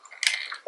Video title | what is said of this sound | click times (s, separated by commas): How to Dissemble Xbox Controller | feel little clicks and stuff it's okay it's normal | 0.3 s